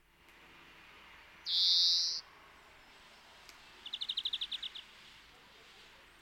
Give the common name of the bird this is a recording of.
European Greenfinch